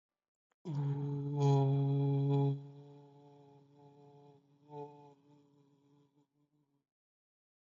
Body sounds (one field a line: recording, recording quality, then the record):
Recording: sustained vowel as in boot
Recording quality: excellent, no background noise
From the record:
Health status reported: healthy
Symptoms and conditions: none ticked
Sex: male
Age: 25 years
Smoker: yes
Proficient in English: yes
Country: India